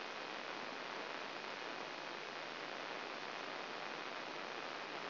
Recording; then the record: brain microelectrode recording played as sound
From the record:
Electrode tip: outside the subthalamic nucleus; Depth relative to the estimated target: 3 mm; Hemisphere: left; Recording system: AlphaMap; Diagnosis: Parkinson's disease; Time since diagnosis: 9 years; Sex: male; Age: 66 years